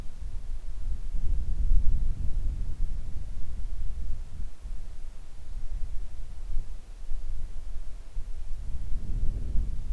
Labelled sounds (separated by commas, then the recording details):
wind
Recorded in the Arctic National Wildlife Refuge, Alaska, on 3 August 2019 at 10:40
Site 41